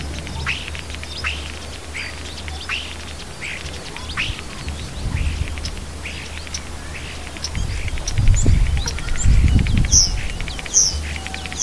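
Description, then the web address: Birds singing, with quick repeated mid-pitched notes and a few high sharp chips near the end; low rumbling noise comes in the second half. Native birds in a hedge, recorded in March. "oeko hecke vogel maerz vogel m 3 5 heimisch"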